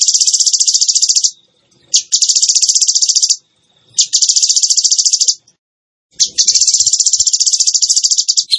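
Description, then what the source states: Bird giving four bursts of very fast, high, buzzing trill, separated by short silences. Masteran (training recording) of bird song in tembakan gacor style.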